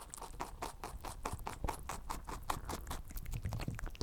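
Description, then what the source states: Rabbit eating: steady, rapid crisp crunching bites throughout. A rabbit eating a cucumber.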